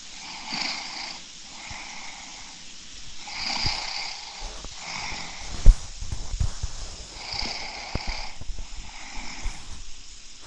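Repeated rough, rattling breathing noises recur over a low, fluttering rumble, with several breath sounds across ten seconds. This is snoring from a sleeping adult, made by soft tissue in the upper airway vibrating during sleep.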